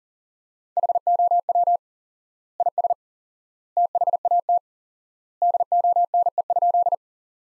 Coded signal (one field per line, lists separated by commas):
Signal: Morse code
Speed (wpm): 40 wpm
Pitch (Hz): 700 Hz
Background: none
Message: HOW IS THAT DONE?